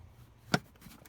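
The plastic cover of the under-hood fuse and relay box on a 2010-2020 Hyundai Tucson is clipped back on and made tight to keep water and debris out. A single sharp, bright click at 0.5 s marks the cover snapping shut, followed by faint small ticks. The cover is seated.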